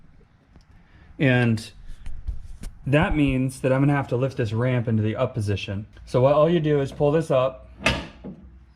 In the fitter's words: and then make sure it locks into place down in here there's two of these points